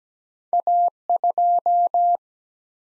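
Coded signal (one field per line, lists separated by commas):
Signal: Morse code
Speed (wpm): 17 wpm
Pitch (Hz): 700 Hz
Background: none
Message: A 2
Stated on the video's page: Computer-generated Morse head-copy drill of single-letter/single-number combinations at 17 wpm; each sent, spoken, then sent again.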